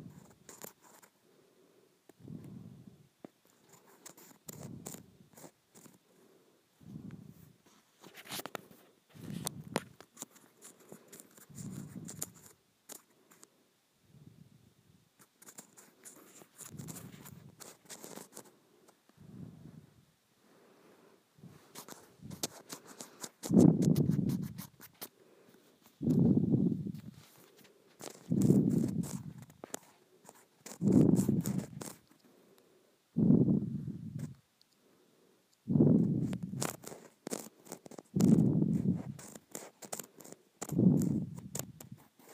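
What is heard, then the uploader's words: Scratching on a textured plastic surface comes in regular rasping strokes, roughly every one to two seconds. The early strokes are lighter and thinner, with scattered crisp ticks between them; from about 23 seconds the strokes grow heavier, louder and fuller. ASMR Scratching a Textured Plastic.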